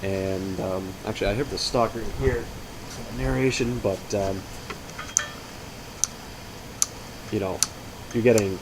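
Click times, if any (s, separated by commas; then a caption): 5.2 s, 6.0 s, 6.8 s. An adjustable rifle stock, with its recoil pad or cheek piece position adjusted by hand, snaps into spring-loaded detents. Sharp clicks are heard at 5.2, 6.0 and 6.8 seconds as each step locks into place, and someone talks before and after.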